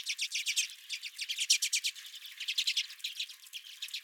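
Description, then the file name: Redpolls giving rapid, dry, repeated chattering notes in short runs, several birds calling together. Several redpolls at the recordist's feeder. "Redpolls at My Feeder"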